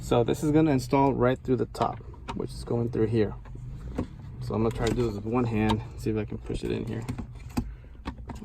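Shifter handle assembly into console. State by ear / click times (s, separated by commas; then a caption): not seated / none. Someone talks while pushing a new shifter handle assembly through the top of the console with one hand, and short knocks and taps come near the end at about 7.6, 8.1, 8.2 and 8.3 seconds. The part does not go in one-handed, and nothing has seated or clicked yet.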